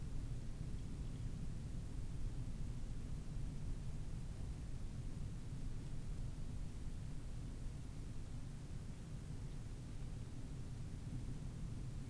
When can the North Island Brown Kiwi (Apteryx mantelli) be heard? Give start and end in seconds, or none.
none